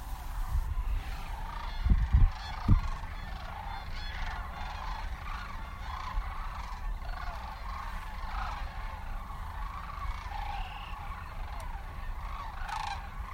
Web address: Sandhill Cranes Spread Their Wings, Rest a Spell in US Midwest